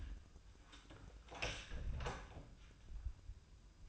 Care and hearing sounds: daily activity, microphone in the room; close door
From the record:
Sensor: 2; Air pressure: 1004.7 hPa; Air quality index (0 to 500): 74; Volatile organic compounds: 1 ppm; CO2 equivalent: 878 ppm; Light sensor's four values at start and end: 7/17/7/7 and 7/16/7/7

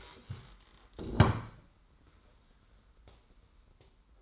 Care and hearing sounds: daily activity, microphone in the room; stand up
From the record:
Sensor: 3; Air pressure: 990.4 hPa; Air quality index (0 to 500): 170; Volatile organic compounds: 1000 ppm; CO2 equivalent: 5490 ppm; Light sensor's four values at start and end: 45/105/43/41 and 45/106/43/41

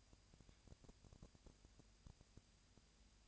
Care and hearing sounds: daily activity, microphone in the room; no activity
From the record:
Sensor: 2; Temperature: 20.3 degrees Celsius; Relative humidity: 37.0%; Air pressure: 998.6 hPa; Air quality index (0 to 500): 236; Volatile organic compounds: 38 ppm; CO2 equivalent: 3120 ppm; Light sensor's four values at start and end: 2/3/2/2 and 2/3/2/2

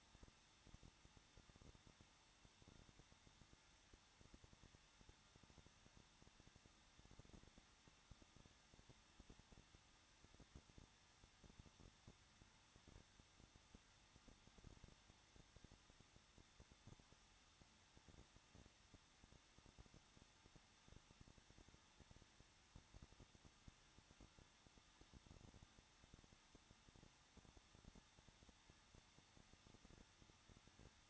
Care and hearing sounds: daily activity, microphone in the room; no activity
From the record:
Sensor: 3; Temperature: 21.2 degrees Celsius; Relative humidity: 36.3%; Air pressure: 1006.3 hPa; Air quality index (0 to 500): 223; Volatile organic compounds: 42 ppm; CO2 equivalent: 3184 ppm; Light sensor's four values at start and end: 2/3/2/2 and 2/3/2/2

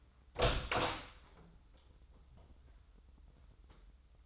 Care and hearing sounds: daily activity, microphone in the room; open door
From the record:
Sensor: 3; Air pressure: 996.1 hPa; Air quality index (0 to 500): 47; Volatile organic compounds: 1 ppm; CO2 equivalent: 941 ppm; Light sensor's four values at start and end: 14/33/14/14 and 14/34/14/15

